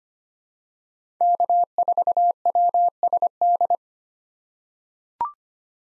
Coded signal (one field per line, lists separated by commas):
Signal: Morse code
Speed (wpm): 25 wpm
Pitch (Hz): 700 Hz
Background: none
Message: K4WSD